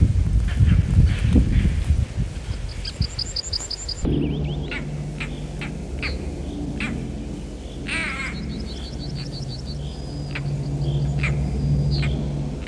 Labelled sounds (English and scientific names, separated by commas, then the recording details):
European Roller (Coracias garrulus)
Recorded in the wild
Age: adult
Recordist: Meyer, Hugo